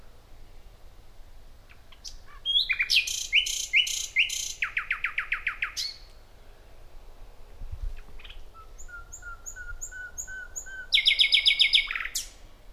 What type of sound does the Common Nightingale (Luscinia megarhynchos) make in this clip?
song